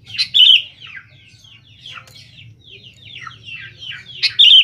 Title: Kutilang 20